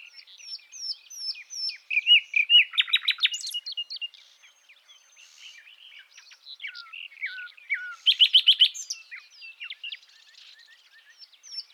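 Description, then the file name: Common nightingale song of sharp chirps and two loud rapid trills about five seconds apart, with softer warbled notes between them. "Luscinia megarhynchos"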